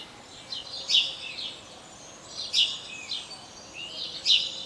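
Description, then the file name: House sparrow giving three clear chirps spaced under two seconds apart, each followed by softer chattering, over faint background noise. "Passer domesticus"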